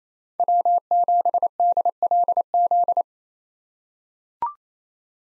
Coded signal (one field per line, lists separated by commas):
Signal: Morse code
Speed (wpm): 28 wpm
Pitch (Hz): 700 Hz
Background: none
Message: W7DLZ